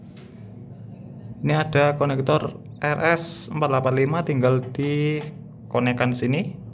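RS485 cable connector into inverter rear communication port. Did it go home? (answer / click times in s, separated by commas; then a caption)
no / none. An RS485 communication cable plug, a plastic RJ-style connector, is being handled at the communication port on the back of an LF5048+ 5 kW 48 V inverter while someone talks. Apart from a faint, short sound near 0.2 s, only speech is heard, and nothing has seated or clicked yet.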